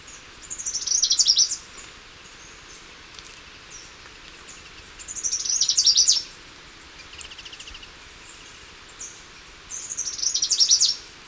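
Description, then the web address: Citrine warbler song: a high, buzzy, fast trilled phrase about a second long, repeated roughly every four to five seconds, three phrases in all, over steady low hiss. Recorded in Ecuador. "Natures Songs S America Birds of Ecuador. Citrine Warbler"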